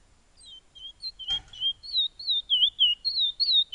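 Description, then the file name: Black-capped white-eye song of high, undulating whistles in a quick series, with a brief dull knock partway through. "suara burung piolet omkicau"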